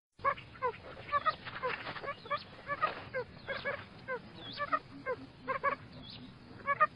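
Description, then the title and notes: Quail giving a busy run of many short downslurred and hooked calls, overlapping and continuing throughout with no pauses. "Kicau Burung Puyuh"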